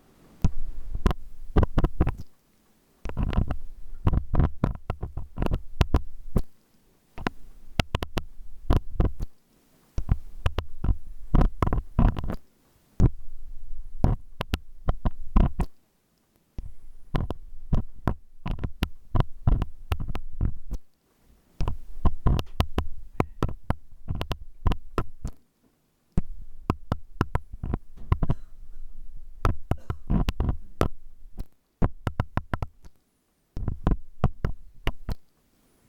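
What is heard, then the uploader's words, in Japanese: Ear cleaning: dense scratching and clicking strokes with a deep, muffled thump beneath them. The scraping comes in bursts of a few seconds, broken by brief silent pauses roughly every three to five seconds throughout. 耳かき。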